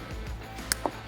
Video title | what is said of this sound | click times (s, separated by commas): Triple Projector 2020+ Chevy Silverado HD Morimoto XB LED Headlights - Features and Install | Make sure you hear it click. | 0.7 s